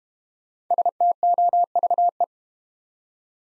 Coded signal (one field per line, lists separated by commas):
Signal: Morse code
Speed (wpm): 31 wpm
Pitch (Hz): 700 Hz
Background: none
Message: STOVE